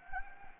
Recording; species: mosquito wingbeat signal from an infrared sensor; Anopheles gambiae